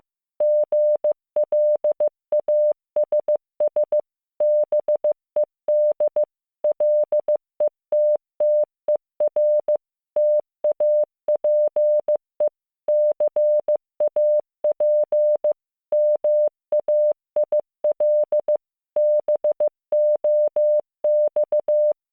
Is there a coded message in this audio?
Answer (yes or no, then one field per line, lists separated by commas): yes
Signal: Morse code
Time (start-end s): 0.4-21.9 s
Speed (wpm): 15 wpm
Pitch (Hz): 600 Hz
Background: none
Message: GLASS BED LETTER TAPE CAP MAIL BOX